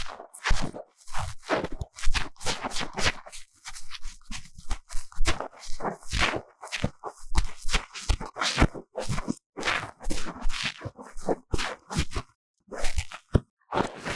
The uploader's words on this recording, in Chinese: 強烈的耳朵深層清理 | 耳掃除 | Deep Ear Cleaning | NoTalking。